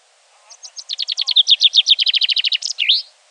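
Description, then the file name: Common chaffinch song, a quick accelerating series of bright descending notes running into a trill and closing with a sharp terminal flourish; a faint lower call briefly in the background. "Fringilla coelebs"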